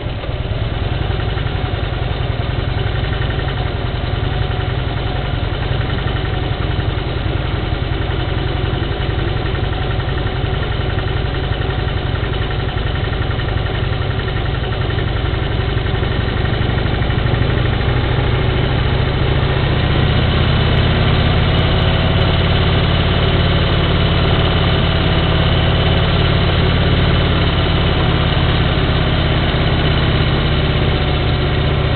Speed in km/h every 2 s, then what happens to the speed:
10, 12, 12, 15, 17, 18, 18, 17, 18, 21, 24, 25, 28, 27, 27, 24.
0-9 speeds up to 18. 9-16 steady at about 18. 16-23 speeds up to 28.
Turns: none.